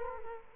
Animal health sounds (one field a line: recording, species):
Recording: mosquito wingbeat signal from an infrared sensor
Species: Culex quinquefasciatus